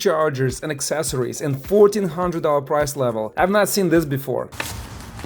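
Someone talks through most of the clip while handling the metal folding-lock knob at the stem hinge of a Philiam ES8 electric scooter. Faint handling noise follows from about 4.6 s, with short sharp sounds near 5.2 and 5.3 s. The clip ends before the knob goes home, so nothing has clicked in yet.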